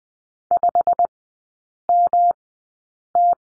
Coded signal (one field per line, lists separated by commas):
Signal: Morse code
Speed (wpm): 20 wpm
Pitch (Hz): 700 Hz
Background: none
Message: 5MT